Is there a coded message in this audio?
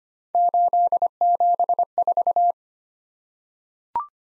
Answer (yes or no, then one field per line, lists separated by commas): yes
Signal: Morse code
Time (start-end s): 0.3-2.5 s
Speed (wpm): 25 wpm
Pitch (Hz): 700 Hz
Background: none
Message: 874